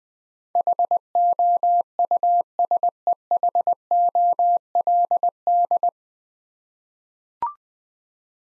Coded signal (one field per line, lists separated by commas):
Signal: Morse code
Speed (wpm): 20 wpm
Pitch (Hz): 700 Hz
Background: none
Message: HOUSEHOLD